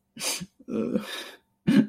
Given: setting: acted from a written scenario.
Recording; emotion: vocal sound without words; sadness